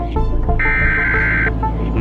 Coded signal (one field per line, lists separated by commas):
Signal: Emergency Alert System (SAME) tones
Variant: header bursts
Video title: Redoing: zombie EAS scenario